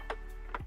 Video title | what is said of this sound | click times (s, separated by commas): Flsun T1 Delta 3d Printer Unboxing, Assembly, & First Print | like that and then locks into place so it can't come out | 0.5 s